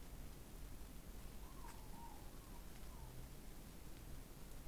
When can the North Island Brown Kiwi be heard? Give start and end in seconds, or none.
none